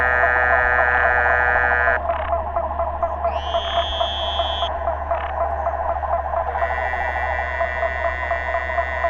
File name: Dermatonotus muelleri